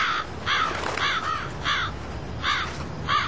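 Large birds caw harshly, about six rasping calls in an uneven sequence, with short pauses between them. The calls are loud and scratchy over a low background hiss, and no one speaks.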